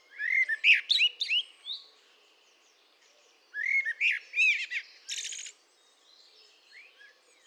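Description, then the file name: Eurasian blackbird song: two mellow warbled phrases of rich fluted notes mixed with high twitters, separated by a pause, the second ending in a buzzy high burst. "Turdus merula"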